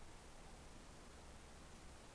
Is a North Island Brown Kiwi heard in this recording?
no